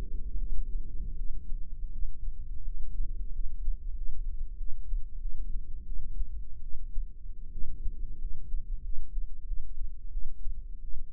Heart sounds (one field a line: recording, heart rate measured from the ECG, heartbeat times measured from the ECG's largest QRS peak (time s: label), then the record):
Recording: heart sounds by microphone in the right ear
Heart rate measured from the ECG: 86 bpm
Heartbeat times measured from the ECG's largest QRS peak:
0.36 s: heartbeat
1.14 s: heartbeat
1.90 s: heartbeat
2.63 s: heartbeat
3.31 s: heartbeat
3.94 s: heartbeat
4.56 s: heartbeat
5.19 s: heartbeat
5.85 s: heartbeat
6.61 s: heartbeat
7.51 s: heartbeat
8.18 s: heartbeat
8.82 s: heartbeat
9.45 s: heartbeat
10.10 s: heartbeat
10.81 s: heartbeat
From the record:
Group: healthy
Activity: rest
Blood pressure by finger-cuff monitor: 106/73 mmHg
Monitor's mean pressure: 86 mmHg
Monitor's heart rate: 80 bpm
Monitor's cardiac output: 7.2 L/min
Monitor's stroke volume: 86 mL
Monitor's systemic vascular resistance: 900 dyn s/cm5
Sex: female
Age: 22 years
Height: 157 cm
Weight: 47.6 kg